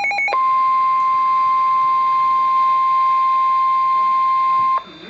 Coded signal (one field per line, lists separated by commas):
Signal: Emergency Alert System (SAME) tones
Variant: 1050 Hz attention tone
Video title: Svr T'stm Warning (EAS #448)